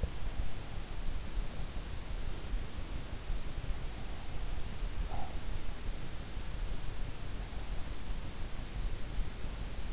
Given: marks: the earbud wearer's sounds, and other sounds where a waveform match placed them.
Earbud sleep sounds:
sounds in sleep by an in-ear microphone; breath
5.03-5.37 s: breath

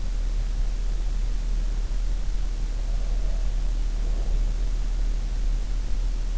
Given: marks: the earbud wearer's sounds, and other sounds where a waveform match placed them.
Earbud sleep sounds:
sounds in sleep by an in-ear microphone; breath
2.92-4.53 s: breath

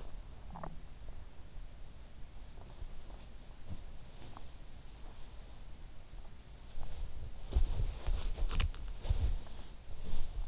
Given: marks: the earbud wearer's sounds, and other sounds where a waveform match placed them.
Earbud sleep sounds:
sounds in sleep by an in-ear microphone; swallowing, body movement
0.00-0.86 s: swallowing
7.37-10.48 s: body movement

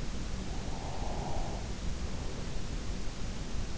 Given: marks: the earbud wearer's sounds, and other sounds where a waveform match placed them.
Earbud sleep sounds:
sounds in sleep by an in-ear microphone; breath
0.31-3.17 s: breath

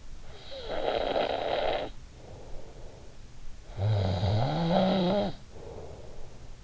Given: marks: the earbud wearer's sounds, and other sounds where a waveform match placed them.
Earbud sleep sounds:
sounds in sleep by an in-ear microphone; snoring breath
0.32-2.84 s: snoring breath
3.61-6.63 s: snoring breath

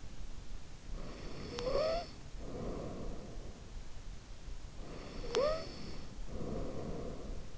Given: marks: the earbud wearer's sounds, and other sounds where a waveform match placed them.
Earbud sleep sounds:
sounds in sleep by an in-ear microphone; snoring breath
0.69-3.78 s: snoring breath
4.56-7.58 s: snoring breath

